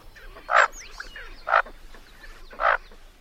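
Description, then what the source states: Bufflehead calls, three short rough croaking notes about one second apart. Small black and white duck of the boreal forest of northern North America, nesting almost exclusively in old flicker cavities.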